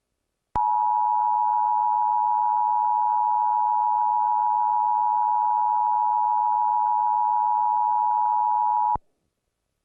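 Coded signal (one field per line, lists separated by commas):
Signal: Emergency Alert System (SAME) tones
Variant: 853 and 960 Hz attention tone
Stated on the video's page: Failed 2011 DirecTV EAS test on satellite TV.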